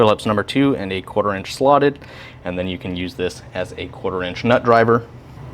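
A double-ended steel driver bit, Phillips #2 on one end and 1/4 inch slotted on the other, is handled next to the ball-detent bit holder of a Klein Tools electrician's knife, which can also serve as a 1/4 inch nut driver. Someone talks throughout the clip. Nothing has seated or clicked yet; the bit has not snapped home in the holder.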